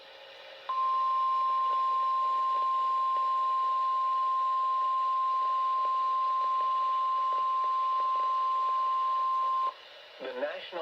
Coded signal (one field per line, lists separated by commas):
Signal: Emergency Alert System (SAME) tones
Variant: 1050 Hz attention tone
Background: speech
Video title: 11/29/25 Severe Thunderstorm Warning for Harris County (EAS #16)